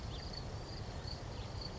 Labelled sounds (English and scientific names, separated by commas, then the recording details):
House Finch (Haemorhous mexicanus)
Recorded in Sonoma County, California